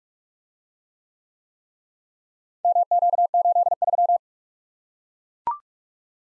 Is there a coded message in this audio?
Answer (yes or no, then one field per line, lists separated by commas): yes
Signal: Morse code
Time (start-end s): 2.6-4.2 s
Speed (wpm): 41 wpm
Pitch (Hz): 700 Hz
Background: none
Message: MQ83